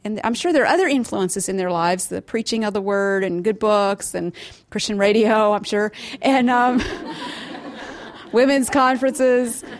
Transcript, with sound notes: I’m sure there are other influences in their lives—the preaching of the Word, good books, and Christian radio, I’m sure, (Laughter) women’s conferences.